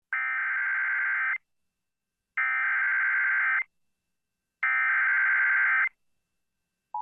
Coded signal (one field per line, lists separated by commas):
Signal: Emergency Alert System (SAME) tones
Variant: header bursts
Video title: Flash Flood Warning (LA) (7/30/25) [EAS #189]